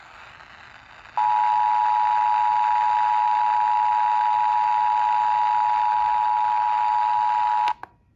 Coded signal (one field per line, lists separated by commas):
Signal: Emergency Alert System (SAME) tones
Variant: 853 and 960 Hz attention tone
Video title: Scholastic Storms IV (EAS Alerts from 5/16/23) EAS #61-#80